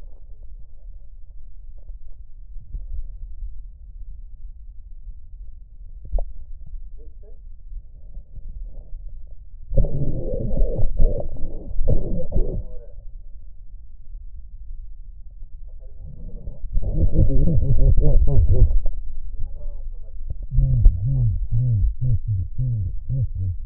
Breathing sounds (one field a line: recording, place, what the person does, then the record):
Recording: lung sounds by stethoscope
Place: left posterior basal chest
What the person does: quiet breathing, then cough and speech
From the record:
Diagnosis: pulmonary infection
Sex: male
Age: 74 years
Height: 171 cm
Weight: 80 kg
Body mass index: 27.4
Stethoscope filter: extended mode